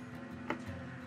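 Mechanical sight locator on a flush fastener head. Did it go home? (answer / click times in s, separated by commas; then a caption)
yes / 0.5 s. A mechanical sight locator sitting on a flush fastener head is finely adjusted until it locks into place. A single short tick is heard at 0.5 s over a steady background hum, and the locator is then locked and no longer moving.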